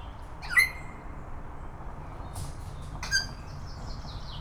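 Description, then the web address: Grey parrot uttering two sharp, loud whistled squawks about two and a half seconds apart, over a low rumbling background. Recorded at Szeged Zoo in 2011; the call is described as heard continuously every day. "szegedizoo. jakopapagaj"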